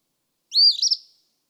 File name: Eastern Phoebe